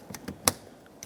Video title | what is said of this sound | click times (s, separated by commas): How to Replace Interior Rear Door Handles 2006-2011 Honda Civic | Press it in, listen for a click, give it a tug. | 0.5 s